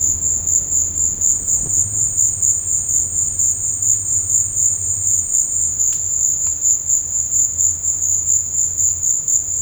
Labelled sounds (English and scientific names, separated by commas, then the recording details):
none
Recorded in dense forest near Puerto Asís, Putumayo, Colombia, on 20 December 2024 at 15:30
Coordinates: 0.481, -76.323
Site G100